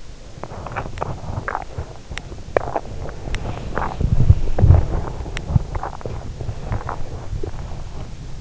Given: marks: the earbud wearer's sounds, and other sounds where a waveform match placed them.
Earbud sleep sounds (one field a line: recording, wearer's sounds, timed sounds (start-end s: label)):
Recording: sounds in sleep by an in-ear microphone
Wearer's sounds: body movement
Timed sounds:
0.16-8.41 s: body movement